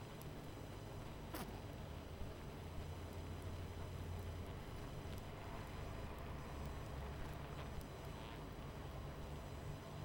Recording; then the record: honeybee colony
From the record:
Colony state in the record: missing queen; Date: 14 July 2017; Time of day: 22:15